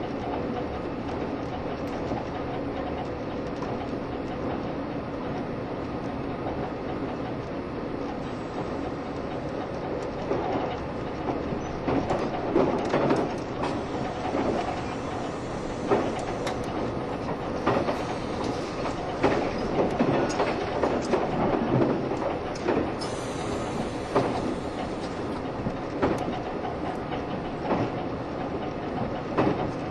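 A Taiwan Railway EMU1200 electric train speeds along with its nose-suspended drive motors growling. A steady low roar and whine fill the run, growing busier and louder after about ten seconds, with rapid rail clatter and knocks scattered throughout.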